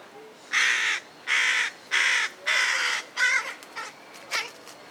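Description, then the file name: Carrion crow giving four harsh, drawn-out caws, followed by shorter clipped notes. "Corvus corone"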